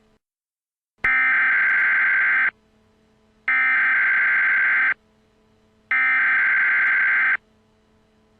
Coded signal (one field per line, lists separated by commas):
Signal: Emergency Alert System (SAME) tones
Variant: header bursts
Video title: Zombie EAS Alert: Zombie Army